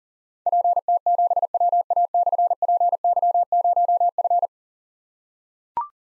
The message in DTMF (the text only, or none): none